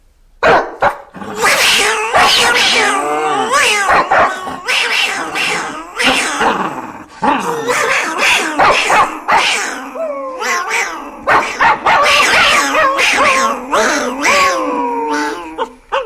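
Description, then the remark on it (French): Two voices imitate a dog and cat fighting, trading loud barks and yowling, wavering meows in rapid, overlapping bursts that run almost without pause for the whole stretch. “Une bataille de chien et de chat, par exemple.”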